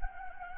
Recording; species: mosquito wingbeat signal from an infrared sensor; Anopheles gambiae